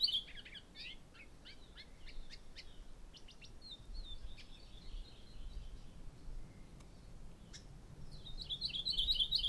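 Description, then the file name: Maui parrotbill producing a run of sharp chip notes and short slurred phrases, ending with a loud high rapid trill. "Maui Parrotbill Pseudonestor xanthophrys"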